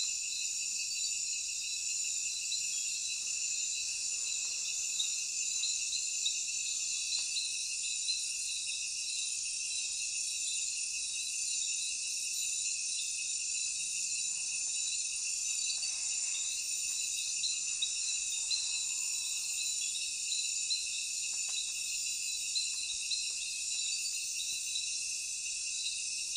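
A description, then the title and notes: A night forest filled with a dense, unbroken chorus of crickets and other insects, high and shrill, holding steady for the whole stretch. Beneath it a faint low rumble stays constant, with a soft stir around the middle. Night forest. LI-LAMPHUN.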